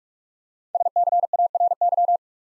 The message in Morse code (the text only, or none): SCARY